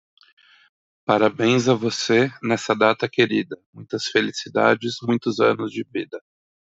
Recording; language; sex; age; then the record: short text; Brazilian Portuguese; male; 30 to 39 years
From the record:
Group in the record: control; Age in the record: 34 years